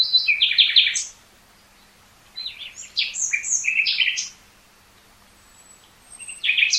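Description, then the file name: Common nightingale song in three bursts of sharp chirps and quick varied notes, with a thin high whistle in a quiet gap before the last phrase. "Luscinia megarhynchos"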